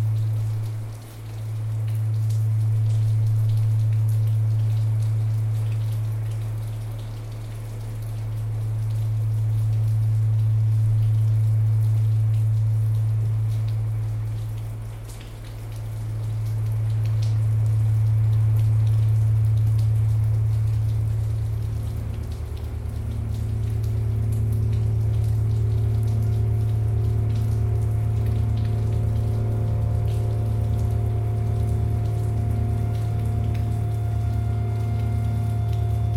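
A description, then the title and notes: A low, slowly swelling drone rises and falls in long waves over a steady patter of rain. After about twenty seconds the drone settles into a fuller, steadier tone, with higher held notes gathering above it while the rain hiss continues underneath. The added drones explore a range of frequencies.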